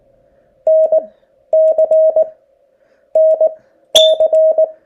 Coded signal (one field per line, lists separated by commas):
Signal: Morse code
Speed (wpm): 19 wpm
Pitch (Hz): 630 Hz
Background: none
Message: N C N C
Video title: POTA hunting